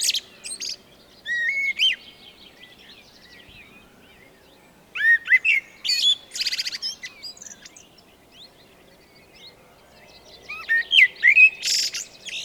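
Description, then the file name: Eurasian blackbird giving melodious whistled phrases that break into high squeaky twitters, three bursts spread throughout. "Turdus merula"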